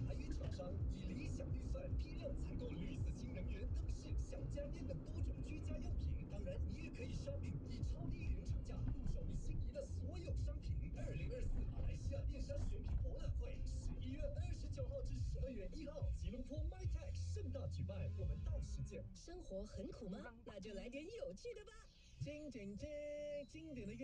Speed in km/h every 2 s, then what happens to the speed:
59, 56, 55, 53, 49, 37, 29, 16, 9, 4, 5, 0.
0-21 slows to 0. 21-24 standing.